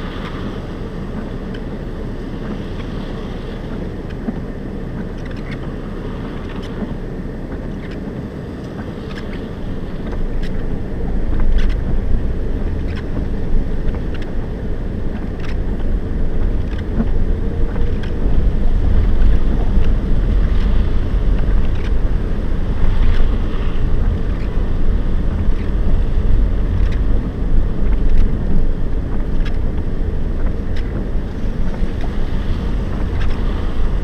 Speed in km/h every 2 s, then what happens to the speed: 0, 0, 0, 0, 0, 9, 13, 11, 15, 19, 18, 18, 18, 20, 17, 13, 15.
0-9 standing. 9-18 pulls away to 19. 18-34 steady at about 18.